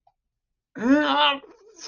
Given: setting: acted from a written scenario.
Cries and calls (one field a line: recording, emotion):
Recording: vocal sound without words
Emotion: confusion